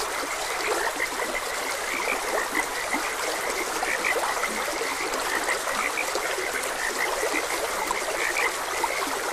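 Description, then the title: Frogs croaking in a dense, steady chorus of short overlapping pulses with brighter chirps repeating throughout, over a continuous hiss of running water. Frogs croaking beside a gentle stream; ambient nature sounds. "Gentle Stream and Frogs Croaking - Calming Sounds of Nature"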